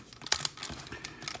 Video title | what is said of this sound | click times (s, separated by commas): Video Review: Cang Toys CT-01 FEROCIOUS | locks into place like that so now everything's all locked together nice and tight | 0.3 s